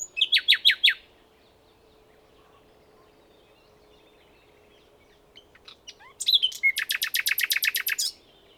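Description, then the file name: Common nightingale song with a short run of repeated chirps, a pause with faint notes, then a long rapid rattle of repeated notes over a low background hum. "Luscinia megarhynchos"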